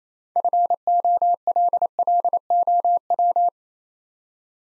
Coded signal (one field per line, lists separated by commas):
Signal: Morse code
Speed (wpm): 27 wpm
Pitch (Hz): 700 Hz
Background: none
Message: FOLLOW